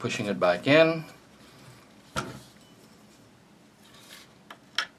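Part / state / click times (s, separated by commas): barrel locking lever into bullpup rifle receiver / seated / 4.8 s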